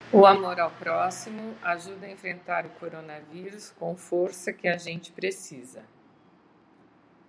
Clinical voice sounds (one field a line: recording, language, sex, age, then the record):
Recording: spoken sentence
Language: Brazilian Portuguese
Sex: female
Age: 60 to 69 years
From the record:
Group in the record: control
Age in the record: 60 years